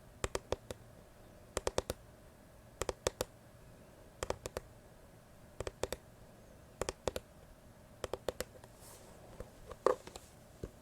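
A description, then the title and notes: Tapping passes from ear to ear in quick groups of three or four sharp, bright knocks, returning about every 1.3 seconds at a steady pace. Between the groups a soft, low hiss holds steady, and near ten seconds a brief scratchy rustle breaks in. Ear to Ear tapping, scratching, brushing (No Talking).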